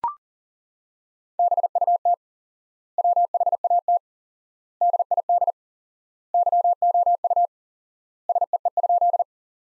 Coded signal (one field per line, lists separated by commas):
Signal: Morse code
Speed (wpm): 40 wpm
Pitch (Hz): 700 Hz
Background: none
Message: BUT WHAT DID YOU SEE?